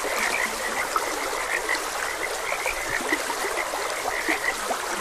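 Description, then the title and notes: Frogs give rapid, overlapping croaks forming a continuous chorus, with a few slightly louder calls standing out over flowing water. Frogs croaking beside a gentle stream. "Gentle Stream and Frogs Croaking. Sleep and Relaxation Podcast"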